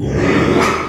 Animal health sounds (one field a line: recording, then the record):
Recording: squeal of a Yucatan mini pig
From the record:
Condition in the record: after surgery on the right vocal fold (resection and tissue-engineered implant)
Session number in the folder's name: 3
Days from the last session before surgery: 33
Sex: male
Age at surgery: 12 weeks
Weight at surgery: 13 kg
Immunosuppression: cyclosporine, prednisolone